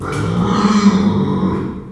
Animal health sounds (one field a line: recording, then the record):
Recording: squeal of a Yucatan mini pig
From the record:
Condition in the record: after surgery on the right vocal fold (resection and tissue-engineered implant)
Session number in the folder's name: 16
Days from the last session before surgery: 183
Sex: female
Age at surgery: 19 weeks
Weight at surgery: 25 kg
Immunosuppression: prednisolone